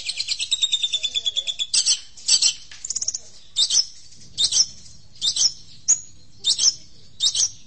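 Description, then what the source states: Long-tailed shrike song: a rapid high trill with a thin whistled line, followed by sharp, spaced chips and short bursts of notes. Champion singing bird.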